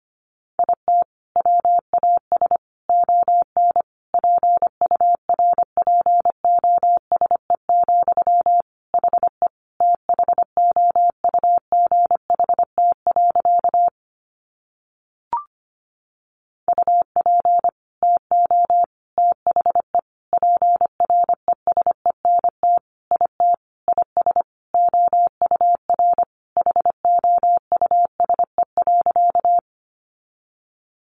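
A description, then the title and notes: Morse code beeps in a steady mid-pitched tone, keyed in quick dots and dashes with a brief pause and a click near fifteen seconds. First, the words are sent in Morse code. 25wpm.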